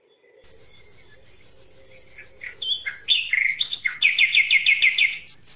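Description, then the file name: Spotless starling song: a steady, thin, high ticking series that builds into loud, rapid, repeated whistled notes mixed with scratchy chatter. "Canto do estorninho preto"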